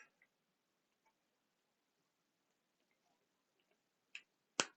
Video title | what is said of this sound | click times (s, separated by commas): McFarlane Toys DC Designer Edition Batman Year Two Needless Unboxing | there we go okay popped into place everything is secure | 4.6 s